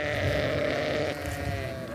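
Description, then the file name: Sheep bleating, one drawn-out wavering bleat held for the full two seconds with a steady harmonic tone over low background rumble. "Schafe"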